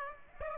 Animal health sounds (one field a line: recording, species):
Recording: mosquito wingbeat signal from an infrared sensor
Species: Aedes aegypti